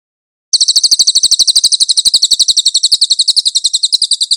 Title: MASTER SANGAT BAGUS SUARA BURUNG CILILIN, AUDIO JERNIH